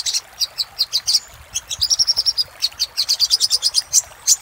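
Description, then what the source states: Little spiderhunter song of shrill repeated chips, including a brief level whistled trill in the middle, then a fast even run of notes. Master song for training cage birds; labaik variant.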